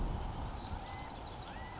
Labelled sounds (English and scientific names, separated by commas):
California Quail (Callipepla californica)